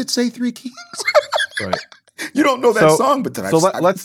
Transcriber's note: laughing